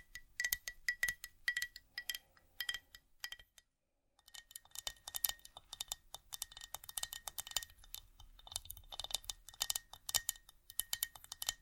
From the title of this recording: vinyl,wood,tapping,scratchig,chain,glass,etc